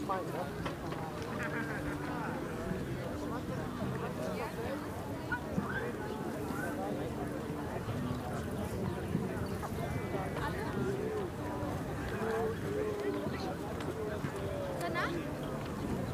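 Hundreds of people go about their activities on the Tempelhofer Freiheit in Berlin, their voices blending into a dense, steady murmur of talk. The level stays even throughout, with occasional brief tones and clicks surfacing around ten to fifteen seconds.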